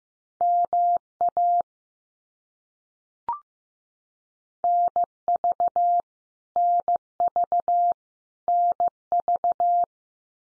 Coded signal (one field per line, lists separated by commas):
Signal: Morse code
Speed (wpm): 15 wpm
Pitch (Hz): 700 Hz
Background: none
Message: MA NV NV NV